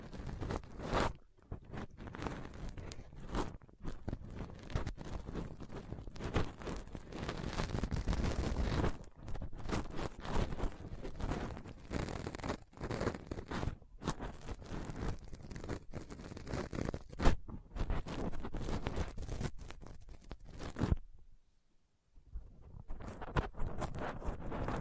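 A dental pick, tweezers and a cotton swab rub and pick roughly at a microphone, making dense, gritty scraping that runs almost without pause. The rasping surges and thins irregularly, with sharp short cuts, and stops briefly around 21 seconds before resuming.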